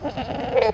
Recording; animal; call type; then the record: contact call of a hoofed animal; goat; low-frequency (closed-mouth) or high-frequency (open-mouth) call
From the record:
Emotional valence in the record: negative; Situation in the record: short social isolation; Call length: 0.73 s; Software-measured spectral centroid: 1480 Hz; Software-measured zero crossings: 1560 a second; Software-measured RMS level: -23 dBFS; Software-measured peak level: -6 dBFS